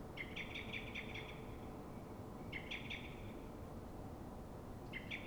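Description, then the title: Common blackbird giving an alarm call: three bursts of rapid, hard chinking notes, the first longest, separated by brief pauses, with constant low background noise. Dawn, Fuenlabrada, Madrid, Spain; same bird recorded twenty minutes after earlier calls, now frightened or threatened, probably by another blackbird; Zoom H1n recorder. "Pl. de Francisco Escolar, 10, 28944 Fuenlabrada, Madrid, España - Mirlo asustado"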